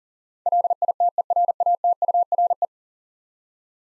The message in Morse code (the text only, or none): LITERATURE